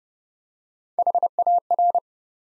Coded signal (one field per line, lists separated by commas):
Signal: Morse code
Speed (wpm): 30 wpm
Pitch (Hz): 700 Hz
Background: none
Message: HAR